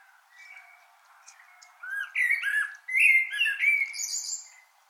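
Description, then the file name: Common blackbird song made of rich, slurred fluty whistles in two linked phrases, finishing with a thin high twitter. "Turdus merula"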